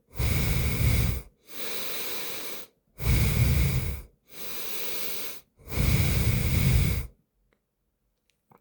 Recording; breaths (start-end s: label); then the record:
nose breathing near a microphone
0.00-1.22 s: exhalation
1.22-2.67 s: inhalation
2.67-4.02 s: exhalation
4.02-5.37 s: inhalation
5.37-7.02 s: exhalation
From the record:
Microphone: phone